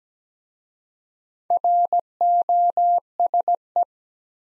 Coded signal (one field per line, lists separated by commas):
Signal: Morse code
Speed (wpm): 17 wpm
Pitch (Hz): 700 Hz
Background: none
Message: ROSE